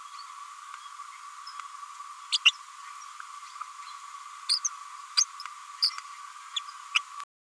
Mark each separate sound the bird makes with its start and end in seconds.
2.32-2.38, 2.45-2.52, 4.49-4.59, 4.64-4.69, 5.17-5.25, 5.82-5.90, 6.94-7.00